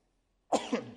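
After half a second of silence comes one sudden, loud, voiced burst of breath noise that peaks at once and then trails off within half a second. It is a single sneeze from an adult man, a radio host on air, an ordinary harmless reflex.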